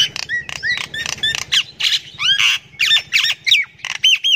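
Myna calls mixing bent whistles, gurgles and rasping squawks in a quick, varied sequence.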